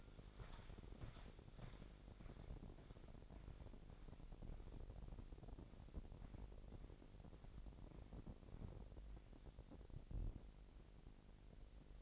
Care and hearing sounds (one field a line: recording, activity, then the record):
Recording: daily activity, microphone in the room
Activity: walk to room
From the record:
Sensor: 5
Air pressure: 1012.3 hPa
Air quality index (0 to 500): 238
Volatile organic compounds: 4 ppm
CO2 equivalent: 1582 ppm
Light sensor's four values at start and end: 55/127/53/56 and 56/132/55/58